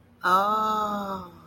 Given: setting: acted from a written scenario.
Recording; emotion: vocal sound without words; realization